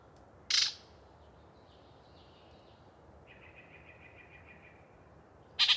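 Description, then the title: Yellow-breasted chat song: a loud harsh chack, soft buzzy notes, then a quick even rattle of repeated notes, ending with another harsh burst, low hiss throughout. Particularly chatty individual giving a long pre-dawn song bout in deciduous cover. "A Very Chatty Yellow-breasted Chat"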